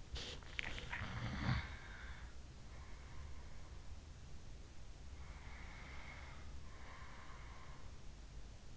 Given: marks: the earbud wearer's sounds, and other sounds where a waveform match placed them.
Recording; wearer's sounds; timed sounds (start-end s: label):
sounds in sleep by an in-ear microphone; body movement
0.01-1.75 s: body movement
0.78-2.52 s: sound from someone else or the room
5.33-8.30 s: sound from someone else or the room